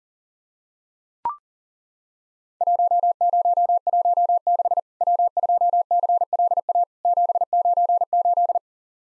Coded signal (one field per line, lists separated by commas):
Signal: Morse code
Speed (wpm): 40 wpm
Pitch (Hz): 700 Hz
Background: none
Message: 1016 W2CLA 798